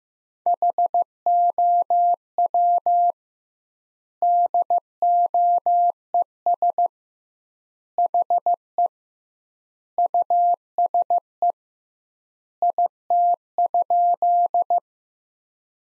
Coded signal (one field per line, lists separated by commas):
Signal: Morse code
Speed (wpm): 15 wpm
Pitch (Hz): 700 Hz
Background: none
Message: HOW DOES HE USE IT?